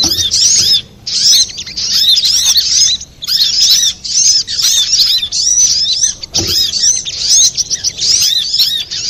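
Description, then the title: Little spiderhunter song: fast bursts of shrill, curving chirps packed tightly together, separated by short pauses, with a faint low knock partway through. Master recording (masteran) for training cage birds, labelled Labaik. "Sogok Ontong Labaik"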